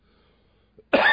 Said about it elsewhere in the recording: Bit of a cough. I had a bit of a chest cold lately. Bit of a chest cough. It's just not a flu. It's just a chest cough.